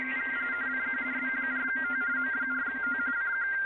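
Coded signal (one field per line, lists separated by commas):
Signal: RTTY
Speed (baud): 45.45 baud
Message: CQ M4T M4T CQ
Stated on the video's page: Data-mode contest traffic in the RSGB AFS Datamode Contest.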